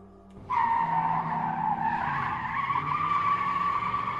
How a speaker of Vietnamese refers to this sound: Phía trước đầu xe có một bóng người đang băng ngang qua đường. Thân người đó cách cái xe chỉ còn khoảng một gang tay. Tiếng thắng xe vang rền đánh két một tiếng khù khốc.